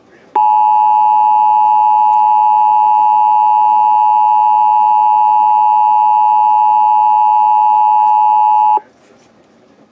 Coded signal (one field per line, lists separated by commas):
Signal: Emergency Alert System (SAME) tones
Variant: 853 and 960 Hz attention tone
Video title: Pennsylvania Required Monthly Tests (3/18/21)(EAS 620-626)